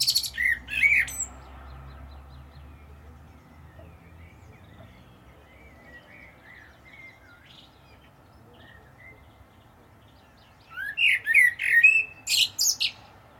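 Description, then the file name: Common blackbird song: the end of a phrase with high squeaky notes at the start, then after a long quiet gap another phrase of whistles and high squeaky notes near the end. "Turdus merula"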